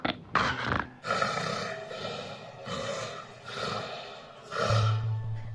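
Loud, harsh, growling snorts and gasping bursts come in quick succession, about five in under six seconds, with rough, strained breathing between them. This is the almost-choking snoring of an adult with obstructive sleep apnea, heard in a sleep lab, where the airway collapses during sleep and briefly cuts off breathing.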